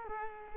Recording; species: mosquito wingbeat signal from an infrared sensor; Culex quinquefasciatus